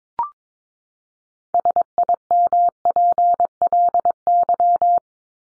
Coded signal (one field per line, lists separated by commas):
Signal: Morse code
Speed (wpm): 22 wpm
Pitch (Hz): 700 Hz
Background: none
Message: SIMPLY